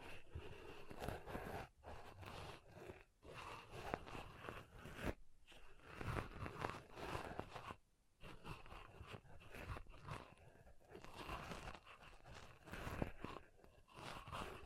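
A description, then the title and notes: Pom pom tingles: a dense, crackling rustle and crunch as the fluffy pom poms are squeezed and brushed, running almost nonstop. Brief gaps break it near 2, 3, 5, 8 and 11 seconds. The texture stays bright and scratchy, with soft low thumps underneath. ASMR Ultimate Pom Pom Tingles (No Talking).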